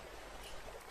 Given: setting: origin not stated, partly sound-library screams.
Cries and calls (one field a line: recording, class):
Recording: one-second piece from a danger detection set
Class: normal situation